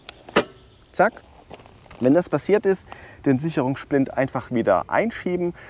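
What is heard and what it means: The metal folding latch on the stem of a Forca Evoking IV 2 kW e-scooter snaps into its folded lock position after the safety pin is pulled and the stem is folded down with a firm jerk. Sharp clicks land at 0.1 s and 0.4 s as it audibly engages and seats. Someone then talks for the rest of the clip.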